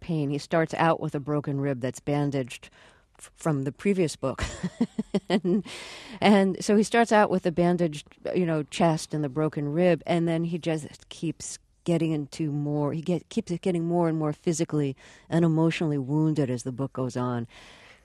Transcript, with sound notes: He starts out with a broken rib that's bandaged from the previous book.
(Soundbite of laughter)
And so he starts out with a bandage, you know, chest and a broken rib. And then he just keeps getting into more - he get - keeps getting more and more physically and emotionally wounded as the book goes on.